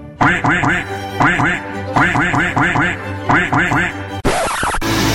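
A duck quacks loudly in quick bursts of three or four, repeating in a bouncy rhythm, before a sudden harsh hiss of static cuts in at the end.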